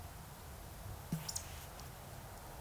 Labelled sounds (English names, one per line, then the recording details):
Eurasian Woodcock whistle
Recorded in Baden-Württemberg, Germany, on 26 June 2021 at 20:27 UTC
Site 45499, 200 m above sea level